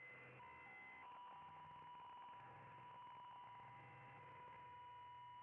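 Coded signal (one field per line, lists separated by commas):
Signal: PSK63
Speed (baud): 62.5 baud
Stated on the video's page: RSGB 3.5 MHz Club Championship data contest operating, streamed live.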